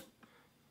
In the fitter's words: a click and now the lock is opened up as you can tell we were able to get this lock opened up very